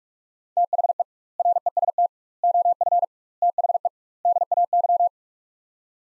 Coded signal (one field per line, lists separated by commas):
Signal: Morse code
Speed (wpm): 46 wpm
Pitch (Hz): 700 Hz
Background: none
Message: THE REST OF THE DAY